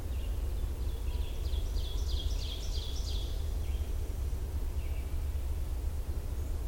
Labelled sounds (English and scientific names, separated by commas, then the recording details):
Ovenbird (Seiurus aurocapilla) song
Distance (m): 50 m
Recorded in boreal forest in Alberta, Canada, on 21 June 2016 at 07:22
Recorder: SongMeter 3, array SBT-6-81
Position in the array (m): 164 m, 246 m
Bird 25